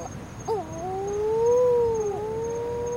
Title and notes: 3 wedge tailed shearwaters mourn the loss of their partners